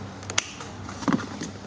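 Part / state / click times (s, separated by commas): wiring harness connector into master window switch / seated / 0.4 s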